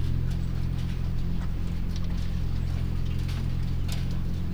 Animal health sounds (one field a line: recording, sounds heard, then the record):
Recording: poultry house recording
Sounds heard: sick chickens (respiratory disease)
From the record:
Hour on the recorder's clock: 19